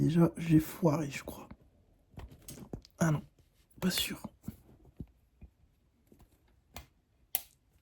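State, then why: Seated. A clip-in part is pushed into place on a KTM 1190 RC8 R motorcycle engine during reassembly, while someone talks and small handling clicks and taps are heard. At 7.4 s a sharp, loud click rings out as the part clips home and seats.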